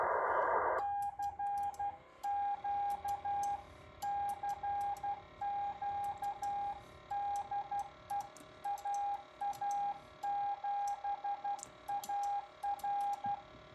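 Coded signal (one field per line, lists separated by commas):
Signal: Morse code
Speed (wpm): 12 wpm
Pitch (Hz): 810 Hz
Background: radio noise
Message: CQ CQ DE AA7AR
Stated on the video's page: CQ on 40m from a rusty IC-735, keyed with an MFJ deluxe electronic keyer into a dipole about 25 feet up, with poor band conditions.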